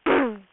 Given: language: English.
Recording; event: throat vibration sensor signal played as sound; throat clearing